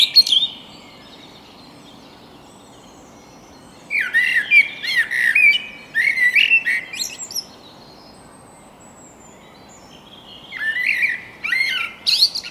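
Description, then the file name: Eurasian blackbird singing: a high squeaky note, then two mellow warbled phrases around four and six seconds with high twittering ends, and another phrase near the close. "Turdus merula"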